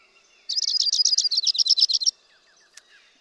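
Dark-eyed junco singing one fast, even trill of many notes, followed by faint soft notes and a brief click.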